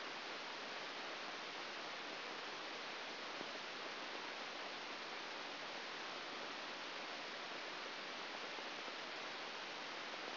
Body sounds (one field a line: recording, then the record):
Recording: brain microelectrode recording played as sound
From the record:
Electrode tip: outside the subthalamic nucleus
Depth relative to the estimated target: -4 mm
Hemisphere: right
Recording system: AlphaMap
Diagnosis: Parkinson's disease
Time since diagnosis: 12 years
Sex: male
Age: 57 years